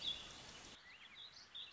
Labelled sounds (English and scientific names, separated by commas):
Warbling Vireo (Vireo gilvus)